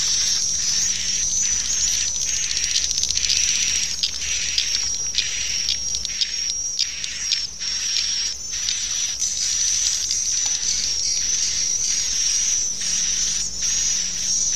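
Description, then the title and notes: Swiftlets calling in a constant high twitter, thin trilling notes layered over one another without a break. Swiftlet sound used in swiftlet bird farming in Asia. "Swiflet Bird Sound. Farming Swiflet Bird asia sound"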